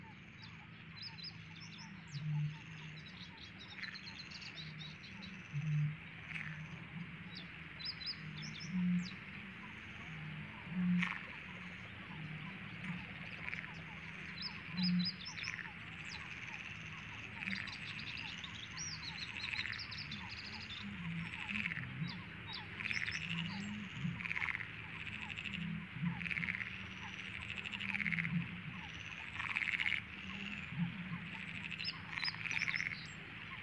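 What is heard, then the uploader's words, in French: Several Eurasian bitterns boom deep, hollow calls, each a short series of low pulses recurring every few seconds. Behind them, Perez's frogs keep up a dense, steady croaking chorus, with scattered brighter bird notes in a calm marsh at dawn. Marais du Liguaneau en Camargue. Lever du jour tranquille dans le marais du Liguaneau. Plusieurs Butor étoilé (Botaurus stellaris) lancent leur chant grave avec en toile de fond des Grenouilles de Perez (Pelophylax perezi).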